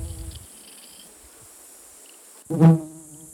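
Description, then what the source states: Bee buzzing in a short, low droning burst near the end, with a brief hum at the start and quiet between. Tiny green bee.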